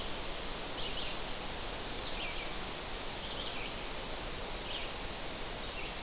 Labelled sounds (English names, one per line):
Red-eyed Vireo song